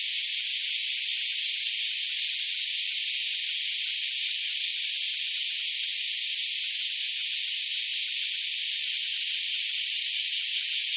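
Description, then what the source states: Black cicadas sustaining a loud, shrill, static-like drone, steady in pitch and volume, with faint fast pulsing. Several black cicadas.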